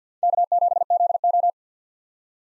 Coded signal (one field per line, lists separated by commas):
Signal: Morse code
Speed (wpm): 50 wpm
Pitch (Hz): 700 Hz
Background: none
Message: K7ZO